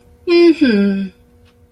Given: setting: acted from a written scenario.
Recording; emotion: vocal sound without words; neutral